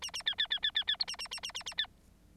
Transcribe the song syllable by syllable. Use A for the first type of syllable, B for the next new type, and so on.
A A B B B B B B C A A A A A A B